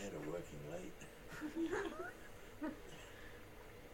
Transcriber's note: laughter